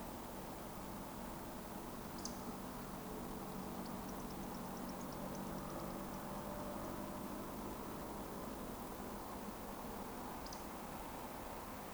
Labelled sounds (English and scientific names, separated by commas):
Eurasian Woodcock (Scolopax rusticola)